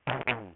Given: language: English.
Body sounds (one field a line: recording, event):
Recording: throat vibration sensor signal played as sound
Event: throat clearing